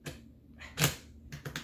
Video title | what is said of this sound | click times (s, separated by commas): UNBOX: Wonderfold X4/First Impressions! | good you're going to hear that click but you want to pull on it too just in case | 0.8 s